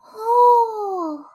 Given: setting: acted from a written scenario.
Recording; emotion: vocal sound without words; awe